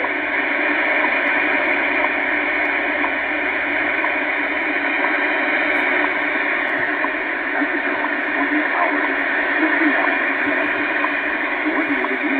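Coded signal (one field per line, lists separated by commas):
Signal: radio time signal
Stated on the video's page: Time signal stations WWV, CHU and RWM, the latter in CW on 4996, 9996 and 14996 kHz, received on a Yaesu FT-450 with an outdoor end fed antenna.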